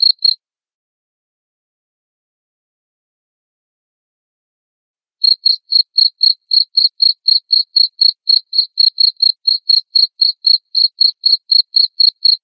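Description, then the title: Cricket giving a couple of brief high chirps, then about five seconds of silence, then a steady run of short chirps at roughly four per second. Loud cricket chirping used to prompt lovebirds into continuous ngekek chattering song. "Suara JANGKRIK NGERIK Keras Bikin LOVEBIRD Jadi NGEKEK Terus Vubey"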